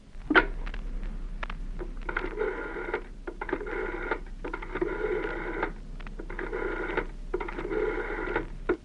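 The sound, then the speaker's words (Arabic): A telephone being dialed: a run of short buzzing, whirring bursts separated by brief pauses, steady and mid-pitched, with no one speaking. “طب اديني التليفون يا عبدو.”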